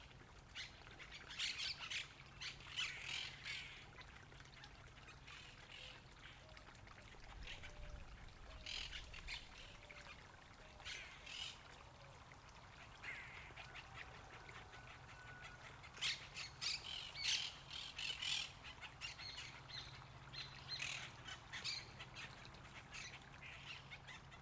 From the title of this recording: Delta del Tigre, Argentina